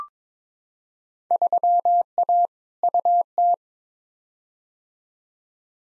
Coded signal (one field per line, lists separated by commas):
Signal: Morse code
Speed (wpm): 22 wpm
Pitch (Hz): 700 Hz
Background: none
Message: 3A UT